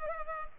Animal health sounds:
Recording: mosquito wingbeat signal from an infrared sensor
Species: Culex pipiens

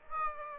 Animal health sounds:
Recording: mosquito wingbeat signal from an infrared sensor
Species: Aedes aegypti

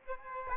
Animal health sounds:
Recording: mosquito wingbeat signal from an infrared sensor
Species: Aedes albopictus

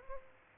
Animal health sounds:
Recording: mosquito wingbeat signal from an infrared sensor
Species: Aedes aegypti

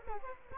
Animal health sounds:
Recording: mosquito wingbeat signal from an infrared sensor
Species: Culex quinquefasciatus

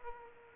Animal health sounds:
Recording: mosquito wingbeat signal from an infrared sensor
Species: Aedes aegypti

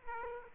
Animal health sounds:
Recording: mosquito wingbeat signal from an infrared sensor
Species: Aedes aegypti

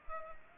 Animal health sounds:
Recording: mosquito wingbeat signal from an infrared sensor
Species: Culex pipiens

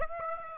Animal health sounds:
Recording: mosquito wingbeat signal from an infrared sensor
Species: Aedes aegypti

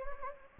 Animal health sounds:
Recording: mosquito wingbeat signal from an infrared sensor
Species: Anopheles gambiae

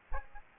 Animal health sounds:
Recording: mosquito wingbeat signal from an infrared sensor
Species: Aedes aegypti

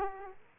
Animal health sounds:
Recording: mosquito wingbeat signal from an infrared sensor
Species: Aedes aegypti

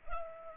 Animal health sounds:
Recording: mosquito wingbeat signal from an infrared sensor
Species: Culex pipiens

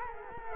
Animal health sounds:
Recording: mosquito wingbeat signal from an infrared sensor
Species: Culex quinquefasciatus

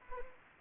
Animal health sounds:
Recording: mosquito wingbeat signal from an infrared sensor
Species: Anopheles arabiensis

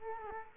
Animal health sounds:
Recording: mosquito wingbeat signal from an infrared sensor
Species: Culex quinquefasciatus

